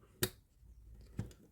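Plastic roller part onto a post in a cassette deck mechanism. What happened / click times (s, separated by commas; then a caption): The plastic part snapped onto its post / 0.2 s. A cleaned plastic roller part is pressed onto a large post in the mechanism of a Sony TC-C5 cassette deck and snaps into place with one loud, sharp click at 0.2 s. Two much quieter taps follow around 1.2 and 1.3 s. The part is seated.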